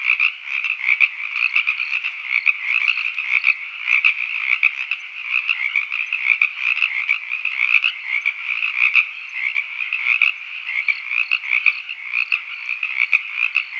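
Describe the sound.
Frog chorus, steady and thick, rapid overlapping croaks and trills forming an unbroken pulsing drone throughout.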